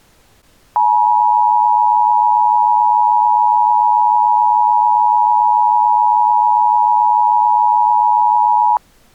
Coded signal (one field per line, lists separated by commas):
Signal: Emergency Alert System (SAME) tones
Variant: 853 and 960 Hz attention tone